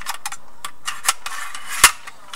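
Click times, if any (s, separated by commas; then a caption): 1.8 s. A part, likely the charging handle, is fitted onto the left side of an Echo 1 ASC H airsoft rifle receiver during reassembly, with no twist needed. A series of light, sharp ticks and scrapes leads up to a louder, crisp click at 1.8 s as the part locks in place.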